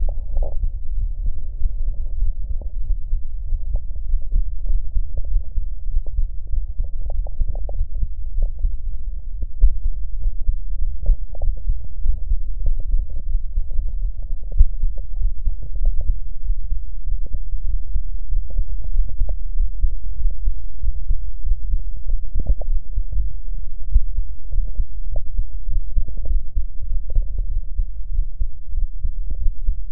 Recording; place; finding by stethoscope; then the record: heart sounds by stethoscope; pulmonary valve (PV); normal heart sounds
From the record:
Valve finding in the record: normal valve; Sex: female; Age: 40 years